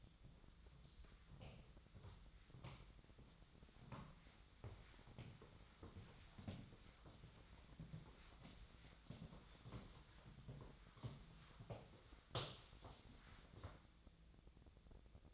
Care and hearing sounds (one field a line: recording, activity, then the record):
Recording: daily activity, microphone in the room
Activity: walk to room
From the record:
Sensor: 3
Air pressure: 1010.1 hPa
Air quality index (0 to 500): 182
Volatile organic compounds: 12 ppm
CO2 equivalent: 2371 ppm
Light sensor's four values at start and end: 41/101/44/47 and 40/99/43/46